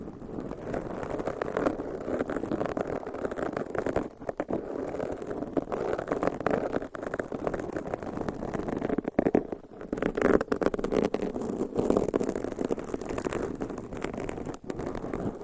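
Microphone scratching fills the clip with a dense, rough rubbing noise, strongest in the low-middle range and fading toward the top. The sound runs continuously for about fifteen seconds, broken by brief dips and sharper scrapes around four, nine to ten, and twelve seconds.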